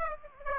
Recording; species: mosquito wingbeat signal from an infrared sensor; Aedes aegypti